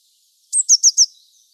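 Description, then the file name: Eurasian blue tit: four thin, very high notes in quick succession, each sliding slightly downward, against a silent background. "Cyanistes caeruleus"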